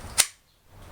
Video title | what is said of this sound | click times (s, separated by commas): S&T Tavor TAR-21 Review/In-Depth(The Best CQC Airsoft Gun) | that push button clicks | 0.2 s